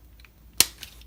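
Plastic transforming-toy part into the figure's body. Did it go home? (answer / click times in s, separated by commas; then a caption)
yes / 0.6 s. A plastic part of a transforming robot toy figure, nearly in place, is pushed home into the figure's body and locks in with one sharp, satisfying click at 0.6 s. Fainter plastic ticks follow around 0.8 s and 1.0 s. The part is seated.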